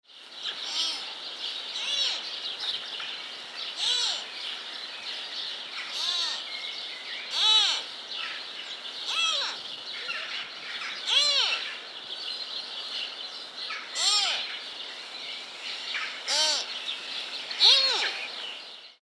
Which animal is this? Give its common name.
Mule Deer